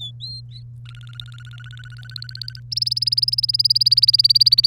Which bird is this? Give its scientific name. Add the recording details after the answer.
Serinus canaria. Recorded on 1 May 2018 at 07:03. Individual llb3